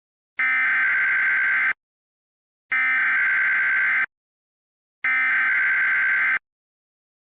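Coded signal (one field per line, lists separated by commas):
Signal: Emergency Alert System (SAME) tones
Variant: header bursts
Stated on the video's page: Fictional EAS scenario, not a real alert.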